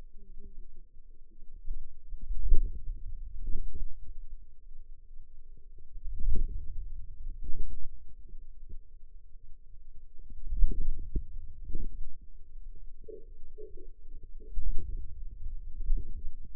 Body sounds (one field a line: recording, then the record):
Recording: forearm muscle sounds (acoustic myography)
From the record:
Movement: radial deviation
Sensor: system 2, bracelet of six BSWA MPA416 microphones around the upper forearm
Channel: 2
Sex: female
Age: 21 years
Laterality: right